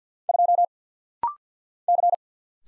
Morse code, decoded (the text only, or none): 2 C